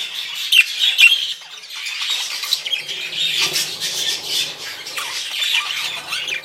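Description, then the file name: Parakeets chattering as a flock, a dense continuous wash of high, scratchy chirps and squeaks with a few sharper notes rising above. "suara parkit rombongan"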